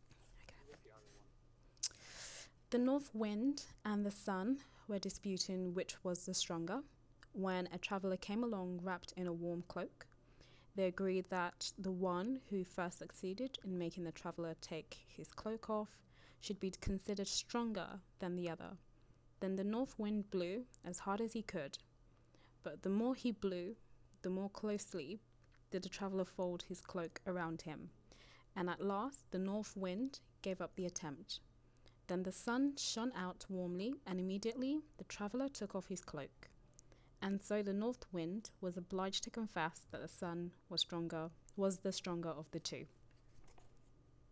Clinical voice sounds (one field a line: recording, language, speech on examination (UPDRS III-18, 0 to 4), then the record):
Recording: text read into a phone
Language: English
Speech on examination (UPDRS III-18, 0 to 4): 0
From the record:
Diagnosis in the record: healthy control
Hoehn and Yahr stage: 0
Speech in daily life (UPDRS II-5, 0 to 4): 0